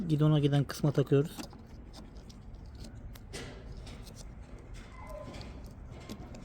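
Someone talks while the plastic plug of an Rks Newlight Pro four-way flasher wiring harness is pushed into the green socket coming from the left steering column stalk. After the talking there is quiet handling with a few faint, brief ticks. The plug is not yet home, and nothing has seated or clicked yet.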